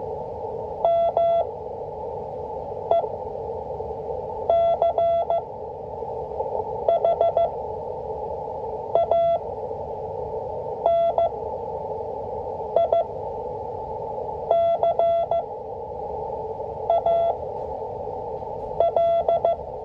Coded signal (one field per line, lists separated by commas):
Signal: Morse code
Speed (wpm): 15 wpm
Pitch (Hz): 680 Hz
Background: none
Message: MECHANICAL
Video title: 5 WPM MORSE CODE PRACTICE - W1AW